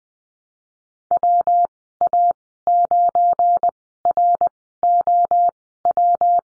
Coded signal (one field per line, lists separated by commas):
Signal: Morse code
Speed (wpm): 21 wpm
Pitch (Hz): 700 Hz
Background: none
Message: WA9ROW